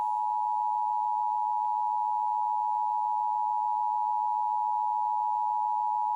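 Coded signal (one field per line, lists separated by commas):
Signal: Emergency Alert System (SAME) tones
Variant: 853 and 960 Hz attention tone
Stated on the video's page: Self-made simulated EAS, a first attempt at making one.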